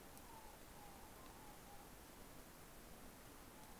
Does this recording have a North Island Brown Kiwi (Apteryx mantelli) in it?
no